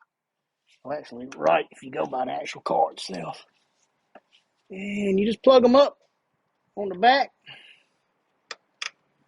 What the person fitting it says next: You hear them click down in. You know they're good to go.